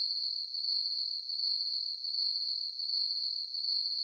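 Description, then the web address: Cricket chirps: high, ringing trill that swells and dips in even pulses, unbroken and steady, nothing else audible. Night ambience of chirping crickets. "Crickets, Chirp, Ambience, Night, Insect, Bug"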